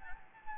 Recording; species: mosquito wingbeat signal from an infrared sensor; Anopheles gambiae